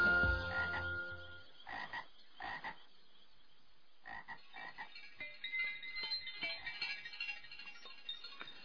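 Frogs croak in a busy chorus, a few loud raspy calls standing out at first, then many overlapping rhythmic croaks and chirps filling the background. No one speaks.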